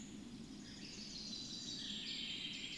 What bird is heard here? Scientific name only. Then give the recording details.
Fringilla coelebs. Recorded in Germany. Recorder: ecoPi